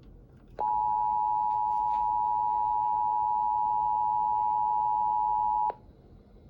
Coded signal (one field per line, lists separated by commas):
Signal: Emergency Alert System (SAME) tones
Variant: 853 and 960 Hz attention tone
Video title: 2024 Tsunami NOAA EAS Test Message for Southeast Alaskan Shores